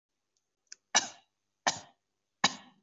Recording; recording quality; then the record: shallow voluntary cough; excellent, no background noise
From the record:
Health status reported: COVID-19 positive, no symptoms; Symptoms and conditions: none ticked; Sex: male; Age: 28 years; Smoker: not ticked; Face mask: not worn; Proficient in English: no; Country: India